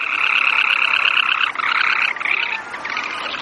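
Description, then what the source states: Semipalmated sandpiper giving a rapid sputtering, buzzy trill in a long run, broken briefly by a few short gaps, like a small engine. Highly territorial; hovers and cruises over its territory for hours daily giving the motorboat call; likely flown from northeastern South America to nest in America's Arctic.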